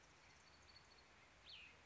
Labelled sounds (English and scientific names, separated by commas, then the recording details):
Cassin's Vireo (Vireo cassinii)
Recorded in Sonoma County, California